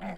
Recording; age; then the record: pig call; piglet (1 to 25 days)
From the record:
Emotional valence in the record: negative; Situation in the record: surprise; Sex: female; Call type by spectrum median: low-frequency call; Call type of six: low-frequency tonal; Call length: 0.18 s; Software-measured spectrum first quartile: 178 Hz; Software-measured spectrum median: 488 Hz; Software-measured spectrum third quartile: 936 Hz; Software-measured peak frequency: 192 Hz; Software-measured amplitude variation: 72 dB a second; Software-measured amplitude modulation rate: 8.4 a second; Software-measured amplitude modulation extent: 8.5 dB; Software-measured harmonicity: 3.2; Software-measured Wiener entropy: -0.48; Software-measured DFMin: 612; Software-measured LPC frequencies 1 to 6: 735, 2114, 3423, 4641, 6527, 7421 Hz